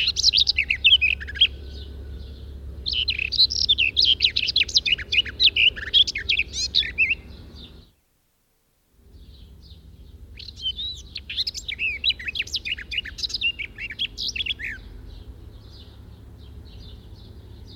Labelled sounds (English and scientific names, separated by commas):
Garden Warbler (Sylvia borin) song